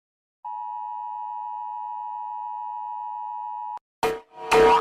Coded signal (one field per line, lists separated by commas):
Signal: Emergency Alert System (SAME) tones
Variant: 853 and 960 Hz attention tone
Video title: Rating EAS Alarms (Remake)